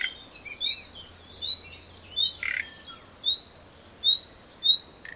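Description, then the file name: Common nightingale calling with thin high whistles and one rough rasping note in the middle. "Luscinia megarhynchos"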